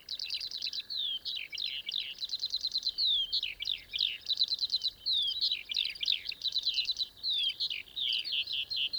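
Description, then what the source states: Eurasian skylark singing a fast stream of high, chattering trills and twittering phrases. Dawn chorus on the Lesches-en-Diois plateau, 23 May 2020, skylarks taking flight; recorded with Nagra Seven and MKH8020.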